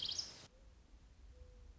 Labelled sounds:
Mourning Dove
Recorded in Sonoma County, California

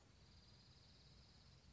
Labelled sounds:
Dark-eyed Junco
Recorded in Sonoma County, California

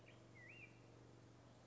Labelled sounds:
Black-headed Grosbeak
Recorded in Sonoma County, California

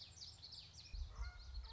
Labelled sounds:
Common Yellowthroat
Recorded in Sonoma County, California

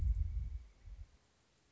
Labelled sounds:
Pileated Woodpecker
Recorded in Sonoma County, California

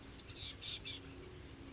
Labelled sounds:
Oak Titmouse
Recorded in Sonoma County, California

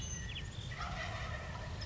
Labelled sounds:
Wild Turkey
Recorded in Sonoma County, California

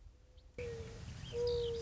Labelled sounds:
Mourning Dove
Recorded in Sonoma County, California

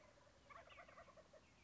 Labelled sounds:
Wild Turkey
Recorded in Sonoma County, California

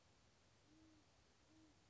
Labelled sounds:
Great Horned Owl
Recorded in Sonoma County, California

